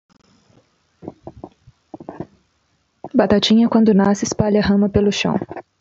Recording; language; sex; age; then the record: short text; Brazilian Portuguese; female; 20 to 29 years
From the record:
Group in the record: control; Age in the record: 28 years